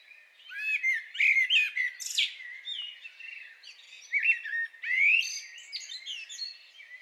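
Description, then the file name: Common blackbird giving fluty, bending whistles followed by scratchy high twitters, in several loud bursts separated by softer warbling. "Turdus merula"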